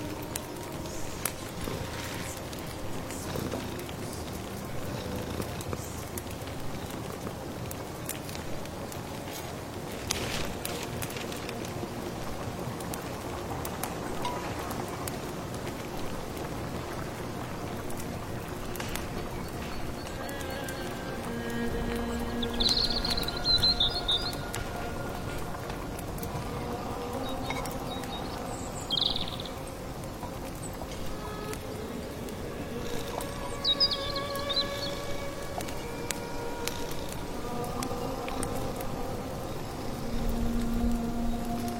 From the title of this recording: stir your magic amulet soup, accompanied by birdsong, firewood, rustling rain